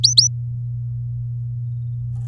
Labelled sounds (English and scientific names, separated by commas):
Domestic Canary (Serinus canaria) song